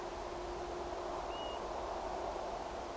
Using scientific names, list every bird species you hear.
Pluvialis apricaria